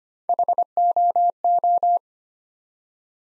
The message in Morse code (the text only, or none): HOO